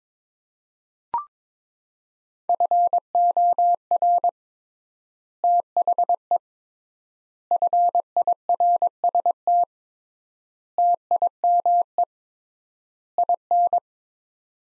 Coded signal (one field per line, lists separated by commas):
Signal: Morse code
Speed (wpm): 22 wpm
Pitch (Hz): 700 Hz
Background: none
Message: FOR THE FIRST TIME IN